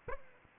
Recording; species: mosquito wingbeat signal from an infrared sensor; Aedes aegypti